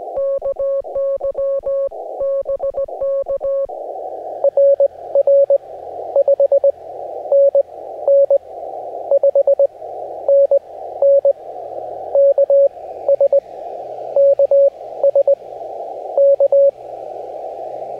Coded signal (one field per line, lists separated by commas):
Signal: Morse code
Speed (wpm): 18 wpm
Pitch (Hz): 560 Hz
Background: music, radio noise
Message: KY BK RR 5NN 5NN K SK SK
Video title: MORSE CODE: AN AUDITORY JOURNEY #cw #morsecode